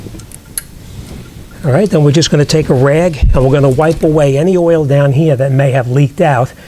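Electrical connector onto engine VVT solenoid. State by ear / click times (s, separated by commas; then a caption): seated / 0.6 s. An electrical wiring connector is pushed back onto the variable valve timing solenoid of a 2002-2009 Honda CR-V engine after the valve has been tightened. Small ticks lead up to a sharp, loud snap at 0.6 seconds as the connector seats, and then someone talks.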